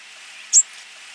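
Black-and-white warbler call: one very high, thin, brief note standing alone over a faint steady hiss.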